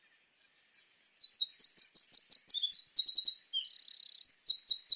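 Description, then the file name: Eurasian wren song: a loud, rapid burst of high, sharp notes and quick repeated trills, ending in a dense buzzy rattle and further bright phrases, with no other sounds. "Troglodytes troglodytes"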